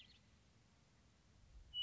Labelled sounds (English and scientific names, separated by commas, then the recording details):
Western Meadowlark (Sturnella neglecta)
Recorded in Sonoma County, California